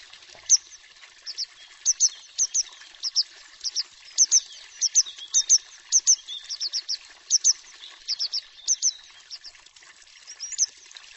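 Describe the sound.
Bird giving high, thin chirps in quick, uneven bursts, often doubled or tripled, running steadily throughout with little background sound.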